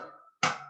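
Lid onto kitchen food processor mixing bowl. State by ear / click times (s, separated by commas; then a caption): seated / 0.4 s. A plastic lid is put onto a Thermomix food processor mixing bowl after a quartered apple, core included, has been added. A fading ringing tone is followed by near silence, then a sharp click at 0.4 s as the lid locks into place, leaving a ringing decay. The lid is seated and locked.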